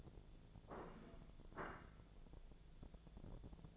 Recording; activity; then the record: daily activity, microphone in the room; place plate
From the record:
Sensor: 5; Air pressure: 1000.3 hPa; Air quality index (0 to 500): 123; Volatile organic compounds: 2 ppm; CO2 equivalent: 979 ppm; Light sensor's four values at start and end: 102/241/103/111 and 102/241/103/111